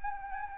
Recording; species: mosquito wingbeat signal from an infrared sensor; Anopheles gambiae